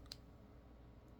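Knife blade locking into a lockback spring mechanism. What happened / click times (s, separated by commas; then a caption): The folding blade locked open with a small sharp click / 0.1 s. The blade of a lockback folding knife is opened until the back spring locks it, giving a faint click at 0.1 s with a softer tick just before it. The blade locks out solid despite the barely audible click.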